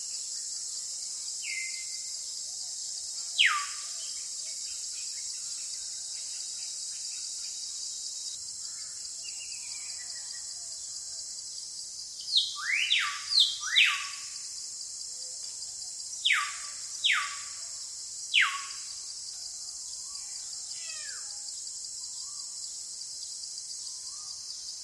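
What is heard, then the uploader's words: Forest sounds with a steady high insect hiss throughout, and bright bird chirps that come in clusters around 3, 12 to 14, and 16 to 18 seconds. Sound in the forest.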